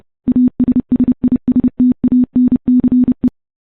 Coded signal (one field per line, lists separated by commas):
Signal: Morse code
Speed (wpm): 30 wpm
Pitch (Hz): 250 Hz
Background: none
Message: ASSISTANCE